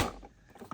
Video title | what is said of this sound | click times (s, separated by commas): McFarlane DC Multiverse Michael Keaton Batman The Flash 1989 Batmobile Review! | there you go snapped in no problem | 0.7 s